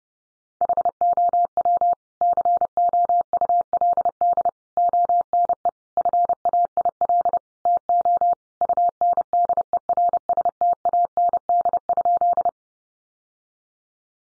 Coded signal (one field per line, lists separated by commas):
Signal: Morse code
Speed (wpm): 30 wpm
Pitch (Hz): 700 Hz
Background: none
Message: HOW COULD ONE FAIL TO UNDERSTAND?